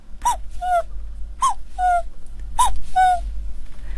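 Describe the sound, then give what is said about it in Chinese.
A voice imitates a cuckoo with sounds made deep in the throat, repeating the two-note "cu-coo" call three times in a steady rhythm, a higher note dropping to a lower one, over a faint low hum. “对，也有布谷鸟，布谷鸟就是它这个声音都是不一样的， 嗯， 因为这个年轻的布谷鸟这个叫法和这个老的布谷鸟都是不一样的。”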